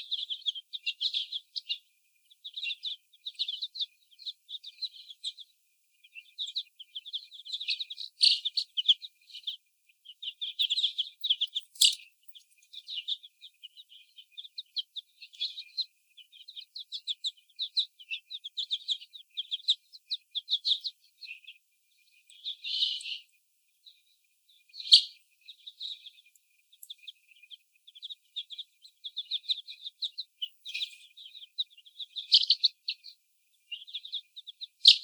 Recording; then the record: young laying hens in a cage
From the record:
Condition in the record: before the stressor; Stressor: sudden umbrella opening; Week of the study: 1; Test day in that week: 1